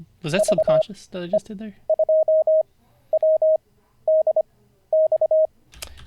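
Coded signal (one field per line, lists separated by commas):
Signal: Morse code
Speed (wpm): 25 wpm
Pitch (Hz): 630 Hz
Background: speech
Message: VE2WDX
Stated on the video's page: Live-streamed daily CW learning practice session.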